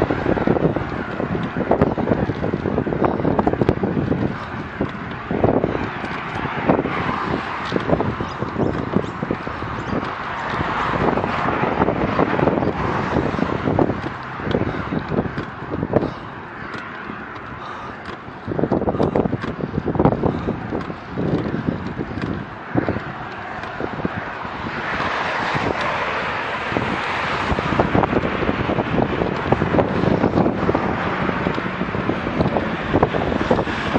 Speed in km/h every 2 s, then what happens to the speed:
14, 15, 15, 14, 15, 15, 15, 14, 14, 13, 15, 16, 16, 18, 20, 21, 21.
0-34 steady at about 15.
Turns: none.